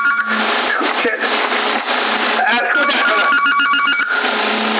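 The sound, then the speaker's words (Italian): A telephone rings with a rapid, repeating electronic warble, bursts of high tones pulsing in quick succession, while people talk throughout over a thin, band-limited line. “Il telefono mi hanno fatto chiudere per scendere giù”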